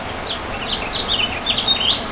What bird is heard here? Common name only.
House Finch